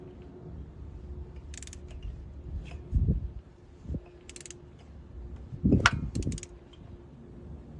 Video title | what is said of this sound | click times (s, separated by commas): 2011 - 2017 Honda Odyssey Spark Plug Replace | stop if you hear a clicking sounds | 5.9 s